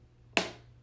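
A plastic butterfly lock is pushed into a brooder wall joint and seats with a single sharp, bright snap at 0.4 s. The snap rings briefly before fading, over a faint low hum.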